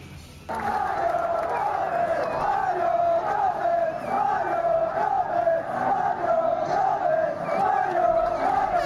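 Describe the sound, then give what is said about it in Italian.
A large crowd of football fans in Florence roars and chants in unison for Mario Gomez, a dense, sustained wall of voices with rising and falling rhythmic swells that starts abruptly after a brief quieter moment and stays loud throughout. “Flash che scattano, telecamere che ronzano, tifosi che impazziscono come a Firenze per Mario Gomez.”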